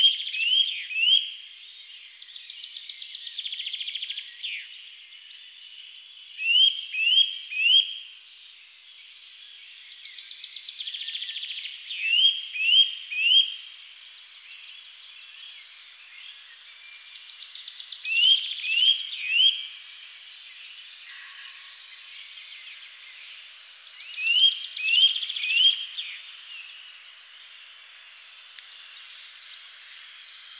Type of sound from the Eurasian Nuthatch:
song